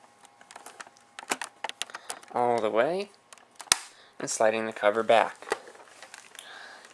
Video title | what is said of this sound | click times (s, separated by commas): Dell Latitude CPX Overview | making sure that it pops into place and then | 3.7 s